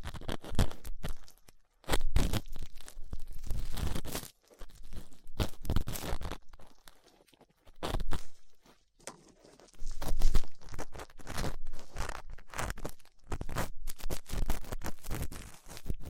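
Ear cleaning with latex gloves, a dental pick and cotton swabs gives bursts of crinkly scratching and rubbing, broken by short silent pauses.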